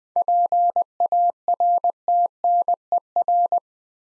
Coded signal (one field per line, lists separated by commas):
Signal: Morse code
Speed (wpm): 20 wpm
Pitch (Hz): 700 Hz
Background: none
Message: PARTNER